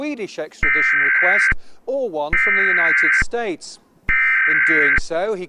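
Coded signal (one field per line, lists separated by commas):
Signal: Emergency Alert System (SAME) tones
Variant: header bursts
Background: speech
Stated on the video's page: Fictional scenario alert, simulated rather than real.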